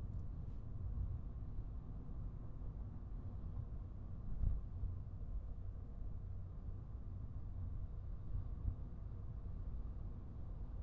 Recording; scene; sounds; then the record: everyday scene through a hearing-aid microphone; in a vehicle; engine, highway driving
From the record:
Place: Skoda Fabia, gasoline engine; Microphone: behind the ear, right, rear